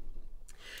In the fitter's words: snaps right in nice solid magnet like bar uses